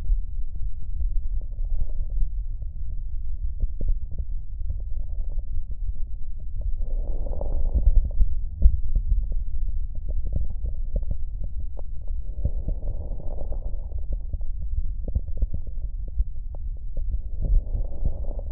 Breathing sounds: lung sounds by stethoscope; right posterior basal chest; quiet breathing, then deep breathing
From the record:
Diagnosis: interstitial lung disease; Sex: male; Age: 74 years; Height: 160 cm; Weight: 54 kg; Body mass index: 21.1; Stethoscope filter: extended mode

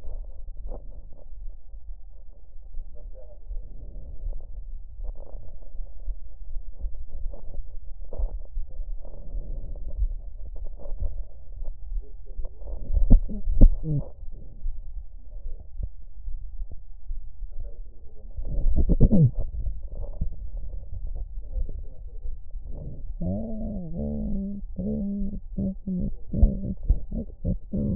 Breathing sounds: lung sounds by stethoscope; left anterior apical chest; quiet breathing, then cough and speech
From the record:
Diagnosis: COPD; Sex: female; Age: 72 years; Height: 156 cm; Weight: 72 kg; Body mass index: 29.6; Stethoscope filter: extended mode

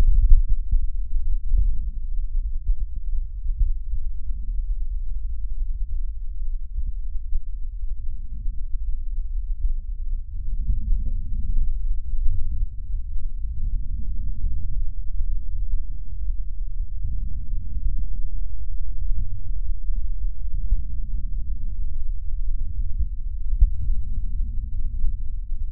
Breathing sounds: lung sounds by stethoscope; left posterior apical chest; quiet breathing, then deep breathing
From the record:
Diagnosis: pulmonary infection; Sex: male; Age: 86 years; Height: 165 cm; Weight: 65 kg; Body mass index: 23.9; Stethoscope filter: bell mode

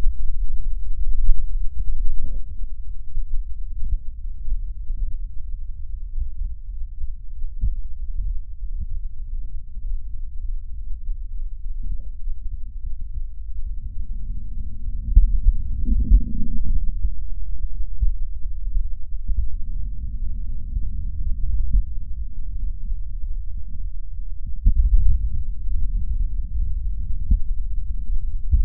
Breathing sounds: lung sounds by stethoscope; left posterior basal chest; quiet breathing, then deep breathing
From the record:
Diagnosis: none (healthy); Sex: male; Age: 23 years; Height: 185 cm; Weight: 93 kg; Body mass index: 27.2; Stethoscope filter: bell mode

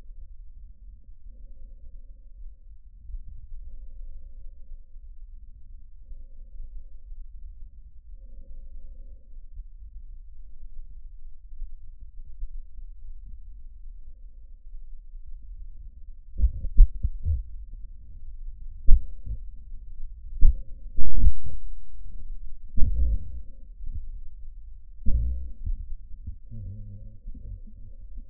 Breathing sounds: lung sounds by stethoscope; trachea; quiet breathing, then cough and speech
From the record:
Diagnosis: pulmonary infection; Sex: male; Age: 69 years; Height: 184 cm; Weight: 115 kg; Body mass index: 34.0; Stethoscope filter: bell mode

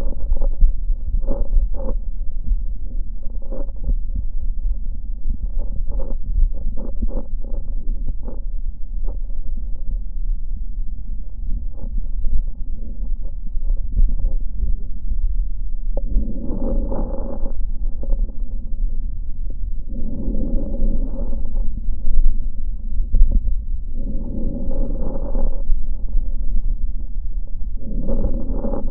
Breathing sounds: lung sounds by stethoscope; left posterior basal chest; quiet breathing, then deep breathing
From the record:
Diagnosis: none (healthy); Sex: male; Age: 30 years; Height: 190 cm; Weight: 88 kg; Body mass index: 24.4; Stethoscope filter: diaphragm mode

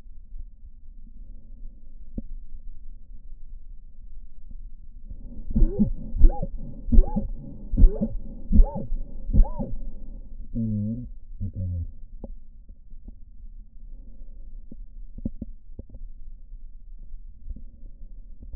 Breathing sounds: lung sounds by stethoscope; right anterior apical chest; quiet breathing, then cough and speech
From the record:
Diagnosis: interstitial lung disease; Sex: male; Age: 65 years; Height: 161 cm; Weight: 74.6 kg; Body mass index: 28.8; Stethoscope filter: diaphragm mode

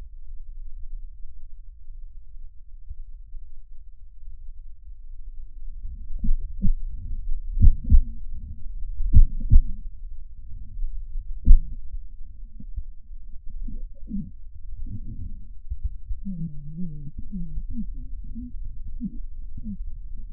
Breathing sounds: lung sounds by stethoscope; left posterior apical chest; quiet breathing, then cough and speech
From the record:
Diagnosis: interstitial lung disease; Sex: male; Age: 82 years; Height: 158 cm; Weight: 49 kg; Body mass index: 19.6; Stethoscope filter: bell mode

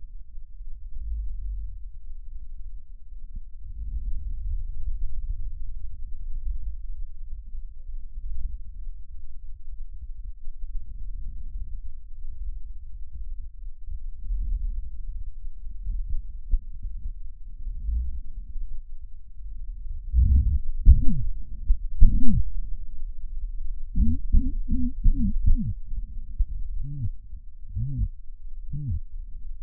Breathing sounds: lung sounds by stethoscope; left anterior apical chest; quiet breathing, then cough and speech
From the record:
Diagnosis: COPD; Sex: male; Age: 70 years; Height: 170 cm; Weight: 74 kg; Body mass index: 25.6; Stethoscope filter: bell mode

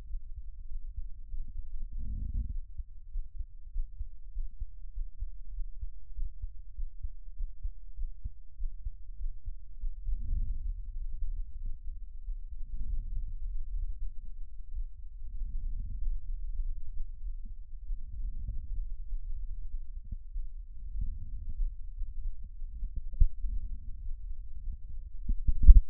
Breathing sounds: lung sounds by stethoscope; right anterior apical chest; quiet breathing, then deep breathing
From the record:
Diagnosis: interstitial lung disease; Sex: female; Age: 70 years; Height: 160 cm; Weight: 93 kg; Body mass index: 36.3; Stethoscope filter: bell mode

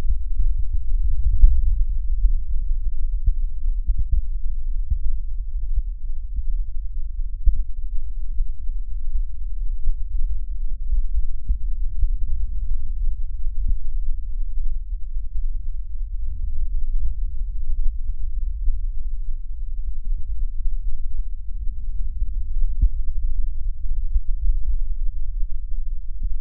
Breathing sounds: lung sounds by stethoscope; right posterior basal chest; quiet breathing, then deep breathing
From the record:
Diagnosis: none (healthy); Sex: male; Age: 35 years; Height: 186 cm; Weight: 108 kg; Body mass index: 31.2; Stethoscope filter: bell mode

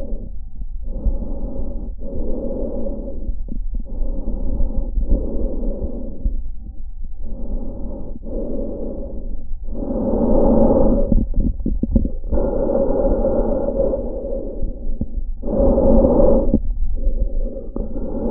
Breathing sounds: lung sounds by stethoscope; trachea; quiet breathing, then deep breathing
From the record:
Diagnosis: interstitial lung disease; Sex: female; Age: 65 years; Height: 156 cm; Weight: 66.8 kg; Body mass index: 27.4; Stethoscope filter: diaphragm mode

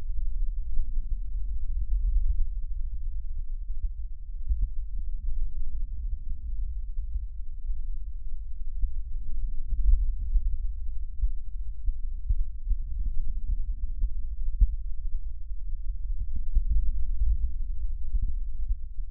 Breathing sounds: lung sounds by stethoscope; left posterior basal chest; quiet breathing, then deep breathing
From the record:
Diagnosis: asthma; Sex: female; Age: 72 years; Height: 160 cm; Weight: 63.4 kg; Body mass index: 24.8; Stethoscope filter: bell mode

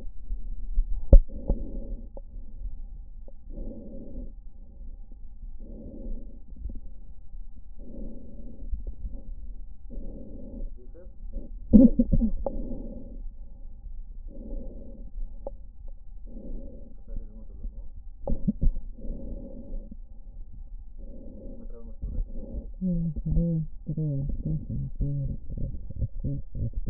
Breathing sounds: lung sounds by stethoscope; left posterior basal chest; quiet breathing, then cough and speech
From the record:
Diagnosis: interstitial lung disease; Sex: female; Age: 68 years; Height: 152 cm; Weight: 76 kg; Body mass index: 32.9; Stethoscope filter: diaphragm mode

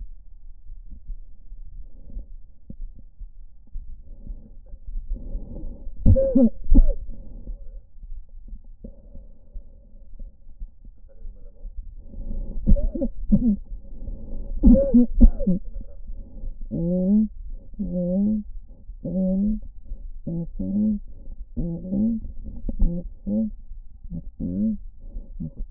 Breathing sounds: lung sounds by stethoscope; right anterior apical chest; quiet breathing, then cough and speech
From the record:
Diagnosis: COPD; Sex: female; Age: 68 years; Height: 150 cm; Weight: 70 kg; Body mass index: 31.1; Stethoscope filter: diaphragm mode

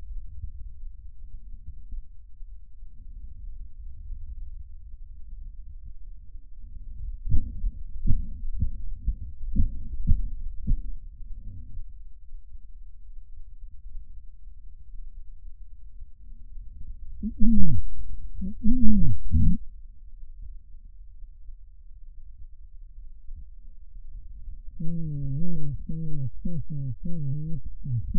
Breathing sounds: lung sounds by stethoscope; left anterior apical chest; quiet breathing, then cough and speech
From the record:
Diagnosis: COPD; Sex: male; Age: 75 years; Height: 182 cm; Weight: 98 kg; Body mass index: 29.6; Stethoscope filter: bell mode

